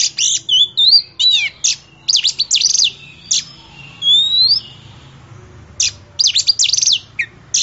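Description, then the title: Oriental magpie-robin singing rapid chattering phrases broken by clear rising and falling whistles, then a pause and a fresh burst of scratchy notes. Champion bird. "Kicau Burung Kacer Juara"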